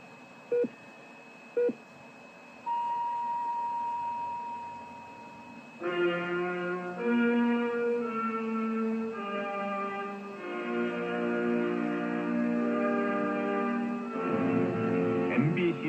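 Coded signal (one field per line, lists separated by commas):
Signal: radio time signal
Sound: two short pips, then a three-second steady high tone, followed by a brass fanfare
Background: fanfare music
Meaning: Marks the top of the hour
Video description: 남:선명한 자연색 금성칼라tv하이테크 금성사제공시보7시를 알려드립니다 2초시보음 팡파레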